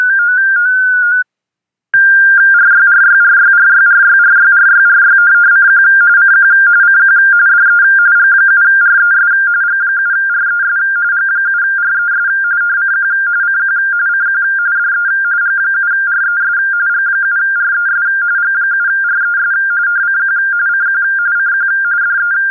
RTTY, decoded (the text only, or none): RYRYRYRYRYRYRYRYCQ CQ CQ DE G7RES G7RES G7RES CQ CQ CQ DE G7RES G7RES G7RES CQ CQ CQ DE